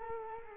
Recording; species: mosquito wingbeat signal from an infrared sensor; Culex quinquefasciatus